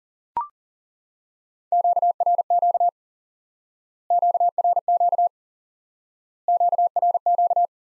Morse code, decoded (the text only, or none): QRQ QRQ QRQ